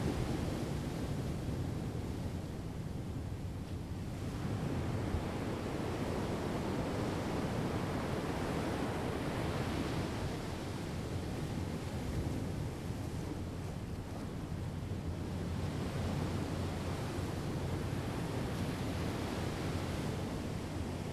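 Sea at Punta de Couso: a thick, continuous wash of surf, heaviest in the low rumble with a hissing top. The waves swell and recede in slow surges, brightening around four, ten and fifteen seconds, while the overall level stays steady throughout.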